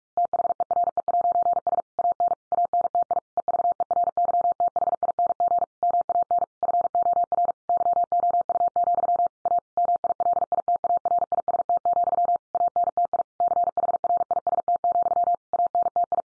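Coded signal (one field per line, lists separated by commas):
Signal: Morse code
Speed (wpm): 44 wpm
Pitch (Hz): 700 Hz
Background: none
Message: THERE'S AN ANTI EVERYTHING MAN FOR YOU, A MILITARIST, ANTI CHRIST, ANTI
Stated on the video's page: Morse head-copy sentence practice drill at 45 wpm.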